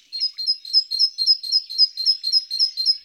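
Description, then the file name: Great tit song, a fast run of ringing two-note units repeated steadily about every quarter second throughout. Garden bird. "Oiseaux-des-jardins-Mésange-charbonnière"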